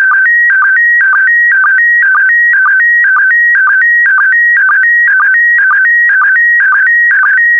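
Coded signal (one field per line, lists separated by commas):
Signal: SSTV (slow-scan television)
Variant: PD120 mode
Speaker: complete you can now check your decoded image against the picture that is shown on the video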